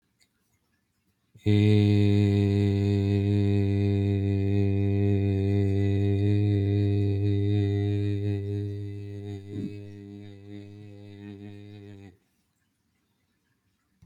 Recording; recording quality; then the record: sustained vowel as in made; excellent, no background noise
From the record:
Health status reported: healthy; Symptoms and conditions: none ticked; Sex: male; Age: 34 years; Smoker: not ticked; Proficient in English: yes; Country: United States